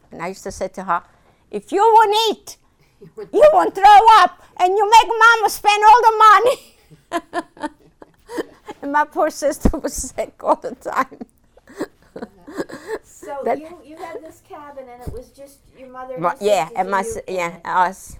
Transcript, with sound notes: And I used to say to her, "If you don't eat, you won't throw up, and you're let Mama spend all the money." And my poor sister was sick all the time. ( she laughs )
So you had this cabin, and it was just your mother and your sisters and you.
Yeah, us.